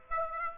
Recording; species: mosquito wingbeat signal from an infrared sensor; Aedes aegypti